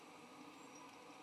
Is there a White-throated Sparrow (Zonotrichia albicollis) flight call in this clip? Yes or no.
no